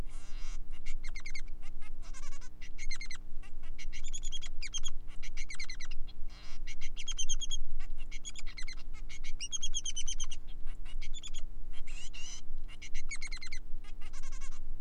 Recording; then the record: song of a male Bengalese finch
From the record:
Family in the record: son of father 3